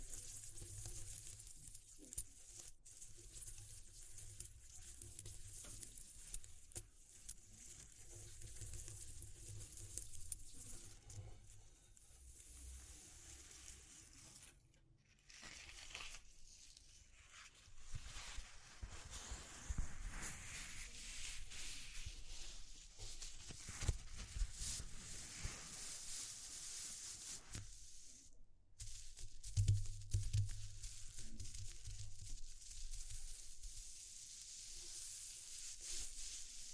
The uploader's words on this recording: ASMR Exploring Textures (No Talking).